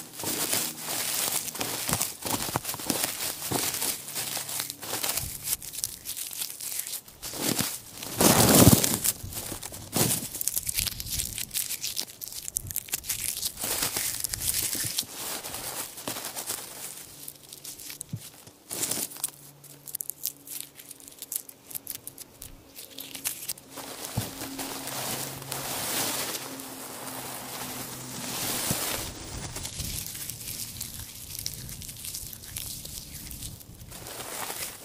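Dry hay and straw crunch and crinkle in dense, irregular bursts, with a louder rustle near nine seconds and a faint low hum.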